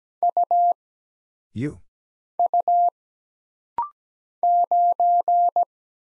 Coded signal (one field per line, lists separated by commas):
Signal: Morse code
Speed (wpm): 17 wpm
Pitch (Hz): 700 Hz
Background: none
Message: U U 9